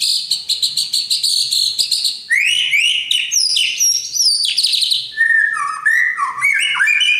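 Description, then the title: Oriental magpie-robin singing a long varied phrase of fast high trills followed by loud rising and falling whistles and short slurred notes. "Kicau Kacer"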